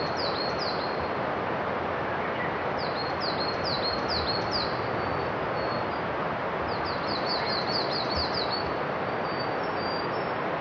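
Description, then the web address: Forest birds: high descending bird chirps come in bursts, a few at the start, a cluster midway and a fast run near the end, over continuous water rush. Many forest birds in an Akita forest with a distant river. "Foundation 1 AMBIENCE AKITA FOREST BIRDS MANY DISTANT RIVER"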